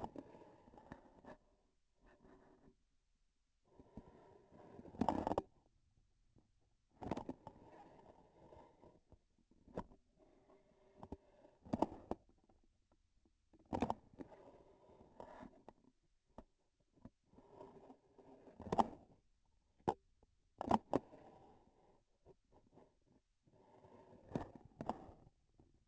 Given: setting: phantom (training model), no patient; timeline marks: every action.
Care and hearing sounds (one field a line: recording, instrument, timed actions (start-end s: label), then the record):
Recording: laparoscopic instrument, vibration sensor on the handle end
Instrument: grasping forceps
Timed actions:
0.00-0.27 s: releasing tissue
4.88-5.77 s: grasping tissue
6.89-7.61 s: releasing tissue
11.58-12.30 s: grasping tissue
13.46-14.14 s: releasing tissue
18.53-19.26 s: grasping tissue
20.46-21.11 s: releasing tissue
24.22-25.41 s: grasping tissue
From the record:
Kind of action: gesture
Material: synthetic tissue